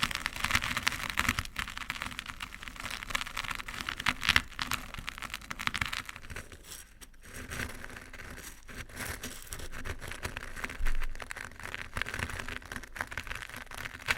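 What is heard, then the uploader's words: Crunchy stirring runs almost without pause, a dense crackling of small grains scraped and shifted with many sharp clicks. The crunch eases briefly around the seventh second, then picks back up. A faint steady low hum sits underneath throughout. Old-Time Riches Crunchy Stirring. NO TALKING.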